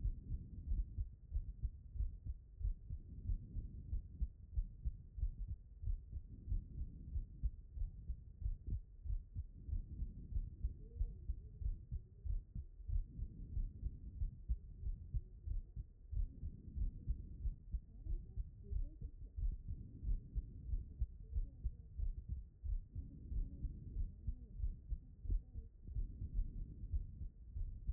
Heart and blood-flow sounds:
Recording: heart sounds by stethoscope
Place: pulmonary valve (PV)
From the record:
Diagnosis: non-HFrEF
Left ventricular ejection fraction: 68%

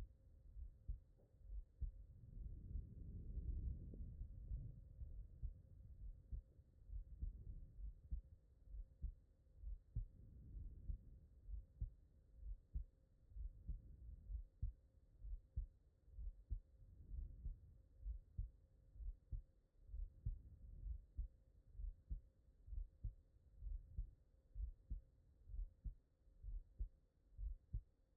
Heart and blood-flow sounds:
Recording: heart sounds by stethoscope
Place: tricuspid valve (TV)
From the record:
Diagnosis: HFrEF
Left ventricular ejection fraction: 32%

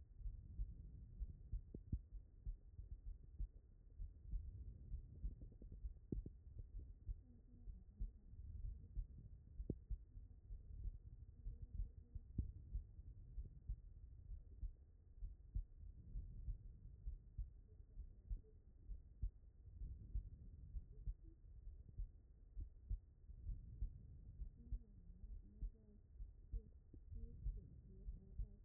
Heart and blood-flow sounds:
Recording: heart sounds by stethoscope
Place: pulmonary valve (PV)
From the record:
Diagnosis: non-HFrEF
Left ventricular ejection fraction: 45%

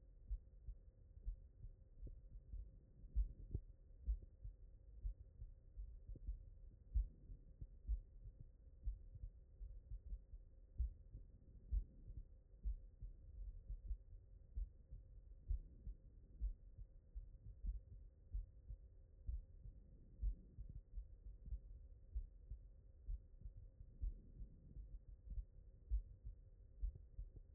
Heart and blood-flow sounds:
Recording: heart sounds by stethoscope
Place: mitral valve (MV)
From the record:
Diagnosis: non-HFrEF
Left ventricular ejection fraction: 56%

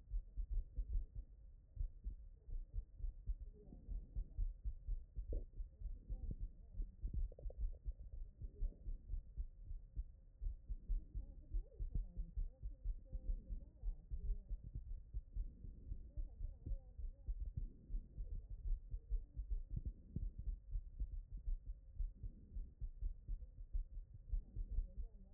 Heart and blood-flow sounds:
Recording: heart sounds by stethoscope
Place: tricuspid valve (TV)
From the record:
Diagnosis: non-HFrEF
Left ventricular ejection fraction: 61%

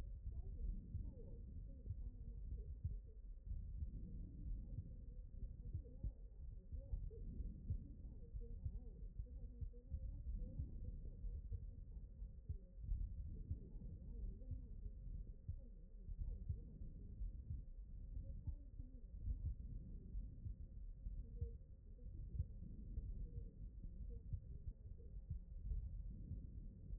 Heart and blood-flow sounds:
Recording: heart sounds by stethoscope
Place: aortic valve (AV)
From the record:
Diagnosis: non-HFrEF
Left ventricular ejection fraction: 61%

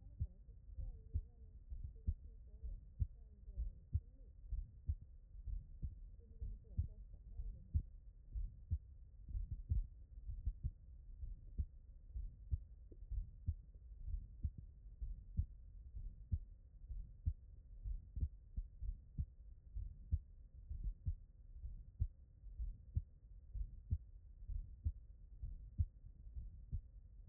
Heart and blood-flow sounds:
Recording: heart sounds by stethoscope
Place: tricuspid valve (TV)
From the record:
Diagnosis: non-HFrEF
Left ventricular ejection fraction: 59%

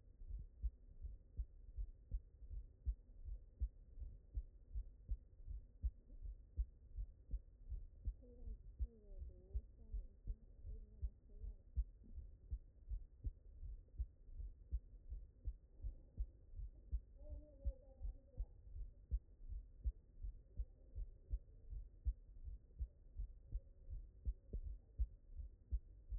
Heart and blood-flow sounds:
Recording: heart sounds by stethoscope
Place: mitral valve (MV)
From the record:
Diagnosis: non-HFrEF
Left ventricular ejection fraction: 56%

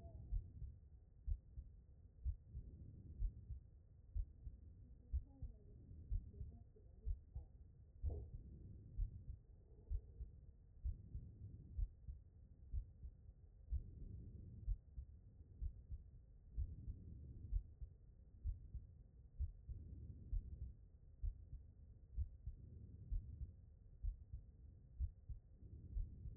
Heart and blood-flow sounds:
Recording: heart sounds by stethoscope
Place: aortic valve (AV)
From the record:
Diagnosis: non-HFrEF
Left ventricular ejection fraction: 68%

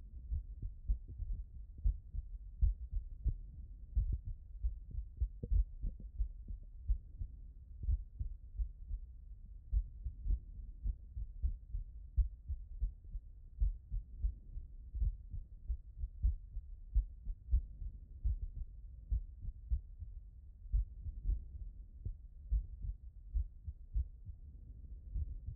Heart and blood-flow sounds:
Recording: heart sounds by stethoscope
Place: tricuspid valve (TV)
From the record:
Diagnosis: HFrEF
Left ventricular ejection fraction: 37%

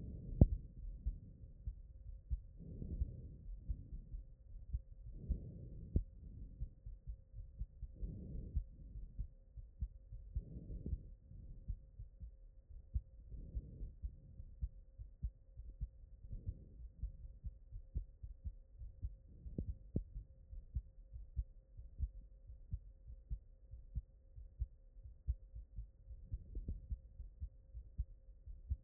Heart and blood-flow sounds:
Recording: heart sounds by stethoscope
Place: aortic valve (AV)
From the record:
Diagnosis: HFrEF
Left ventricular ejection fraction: 35%

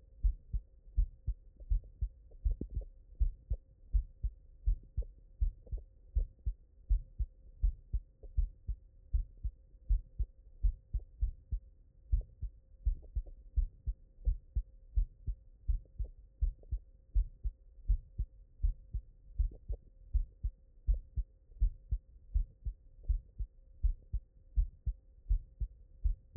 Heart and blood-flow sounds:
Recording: heart sounds by stethoscope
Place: mitral valve (MV)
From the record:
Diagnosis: non-HFrEF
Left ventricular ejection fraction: 74%

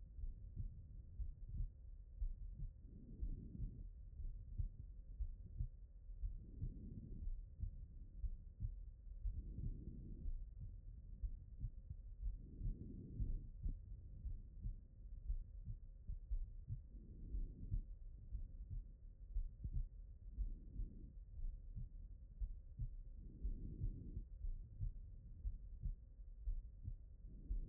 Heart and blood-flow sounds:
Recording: heart sounds by stethoscope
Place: pulmonary valve (PV)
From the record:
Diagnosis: non-HFrEF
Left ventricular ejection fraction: 57%

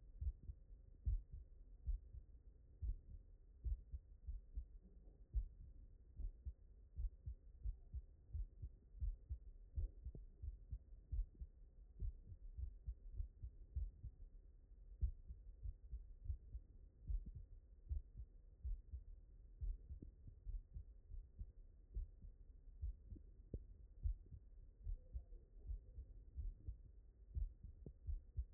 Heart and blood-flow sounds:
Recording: heart sounds by stethoscope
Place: mitral valve (MV)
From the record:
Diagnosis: non-HFrEF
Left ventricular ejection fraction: 66%

